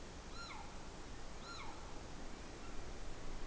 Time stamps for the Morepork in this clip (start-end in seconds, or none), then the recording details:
0.23-0.82, 1.28-1.83. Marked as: faintness 3/5. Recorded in New Zealand on 29 April 2014. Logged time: 02:19. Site Ponui